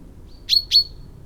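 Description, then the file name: Common chaffinch giving two sharp, bright high call notes in quick succession, preceded by a faint thin whistle, over a soft low background hum. "Fringilla coelebs"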